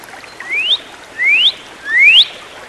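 Bird giving three clear rising whistles, each sliding upward over about a third of a second, spaced roughly every 0.7 seconds, against a quiet background.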